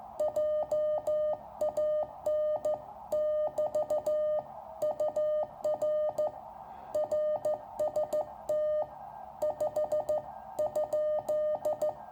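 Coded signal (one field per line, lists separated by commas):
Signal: Morse code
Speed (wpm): 14 wpm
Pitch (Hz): 610 Hz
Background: music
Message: JAN <BT> UR RST 5?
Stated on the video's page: Contacts to Eastern Europe on a Small Wonder Labs SW+ QRP radio, battery powered, with a Chameleon Hybrid Micro whip antenna.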